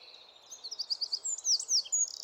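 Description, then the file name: Eurasian wren song: a high, quick string of sharp twittering notes and short trills that grows louder toward the end. "Troglodytes troglodytes"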